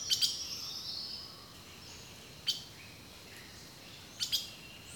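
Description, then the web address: Bird calls: sharp chipping notes at the start, then a few more chips spaced about two seconds apart. Rainforest birdsong. "The Natural Sounds of the Wilderness Echoes of Nature - Rainforest Birdsong"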